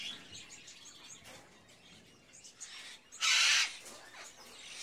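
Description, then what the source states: Birds calling faintly: scattered high chirps, then one loud harsh squawk lasting about half a second, followed by more soft twittering. Various birds in a pet shop, ambience.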